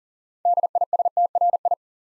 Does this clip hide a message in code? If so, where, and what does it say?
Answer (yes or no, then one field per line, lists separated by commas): yes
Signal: Morse code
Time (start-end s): 0.5-1.7 s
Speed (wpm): 42 wpm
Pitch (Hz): 700 Hz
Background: none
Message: DISTRI